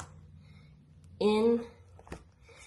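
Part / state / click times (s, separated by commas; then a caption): MC4 connector half into its mating MC4 connector / seated / 2.1 s. Someone talks while the male and female halves of a plastic MC4 solar panel connector are pushed together. A short snap at 2.1 s marks the side clips locking, and the MC4 connector half is seated home in its mating MC4 connector.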